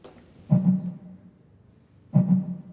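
Two deep, muffled low thumps sound about 1.6 seconds apart, a slow pulse of roughly 36 beats a minute, over faint room hum. It is the amplified heartbeat of a blue mussel, made audible in an art installation by artist Ulrike Schmitz in a museum exhibition on Föhr exploring how non-human organisms communicate.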